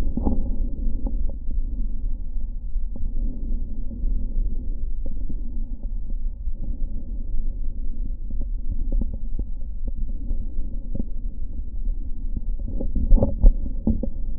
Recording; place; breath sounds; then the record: lung sounds by stethoscope; left posterior upper chest; normal breath sounds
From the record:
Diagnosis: none (healthy); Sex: male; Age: 31 years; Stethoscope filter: diaphragm mode, 100 to 500 Hz